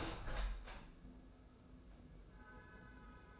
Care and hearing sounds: daily activity, microphone in the room; open window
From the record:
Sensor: 2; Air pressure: 995.6 hPa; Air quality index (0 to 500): 83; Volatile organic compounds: 3 ppm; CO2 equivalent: 1495 ppm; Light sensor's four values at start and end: 24/76/30/29 and 24/77/30/29

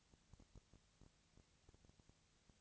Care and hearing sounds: daily activity, microphone in the room; no activity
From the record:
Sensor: 3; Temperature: 20.6 degrees Celsius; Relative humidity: 35.7%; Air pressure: 998.8 hPa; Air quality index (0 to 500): 235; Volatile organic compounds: 71 ppm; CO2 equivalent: 3524 ppm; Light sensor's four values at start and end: 2/3/2/2 and 2/3/2/2

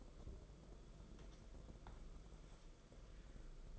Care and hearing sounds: daily activity, microphone in the room; take from stove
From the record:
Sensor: 5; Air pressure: 994.6 hPa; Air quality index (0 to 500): 189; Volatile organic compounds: 1000 ppm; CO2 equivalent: 5560 ppm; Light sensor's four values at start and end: 44/134/53/58 and 44/135/53/58

